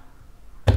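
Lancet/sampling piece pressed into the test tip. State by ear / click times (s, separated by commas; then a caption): partly seated / 0.7 s. A lancet sampling piece from an HIV self-test kit is pressed hard into the test tip, producing its second of three clicks at 0.7 s as a sharp snap over a quiet background. The piece is still not fully seated, with the third and final click still to come.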